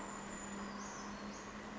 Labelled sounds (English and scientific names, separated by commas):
Brown Creeper (Certhia americana)